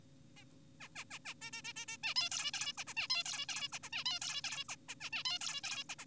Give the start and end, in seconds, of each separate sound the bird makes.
0.37-0.44, 0.80-0.88, 0.96-1.04, 1.11-1.19, 1.25-1.34, 1.42-1.51, 1.53-1.62, 1.65-1.73, 1.76-1.86, 1.88-1.97, 2.04-2.14, 2.16-2.30, 2.32-2.51, 2.54-2.73, 2.78-2.84, 2.87-2.94, 2.97-3.08, 3.10-3.24, 3.26-3.46, 3.49-3.68, 3.73-3.79, 3.83-3.90, 3.93-4.04, 4.06-4.19, 4.22-4.42, 4.44-4.64, 4.69-4.76, 4.89-4.95, 5.01-5.10, 5.13-5.24, 5.25-5.39, 5.41-5.61, 5.64-5.84, 5.90-5.96, 5.99-6.05